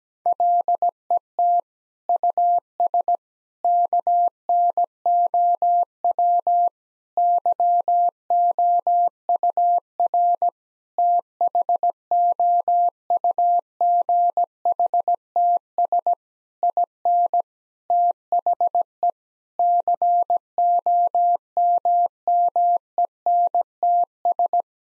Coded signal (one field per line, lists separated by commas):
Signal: Morse code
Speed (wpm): 17 wpm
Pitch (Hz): 700 Hz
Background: none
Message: LET US KNOW YOUR THOUGHTS IN THE COMMENTS